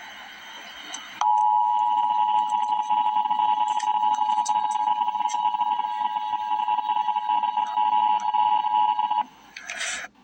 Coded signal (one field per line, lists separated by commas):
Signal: Emergency Alert System (SAME) tones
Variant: 853 and 960 Hz attention tone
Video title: Emergency Alert System - Severe Thunderstorm Warning - May 16, 2025 at 4:36 AM EDT